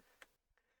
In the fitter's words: And then this entire thing is locked into place.